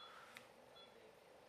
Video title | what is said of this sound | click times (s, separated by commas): Thoracolaparoscopic Oesophagectomy | You Hear The Click you feel it | 0.4 s